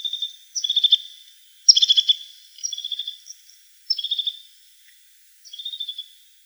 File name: Sinica hohlataja